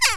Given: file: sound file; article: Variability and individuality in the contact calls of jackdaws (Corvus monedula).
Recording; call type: jackdaw call; harmonic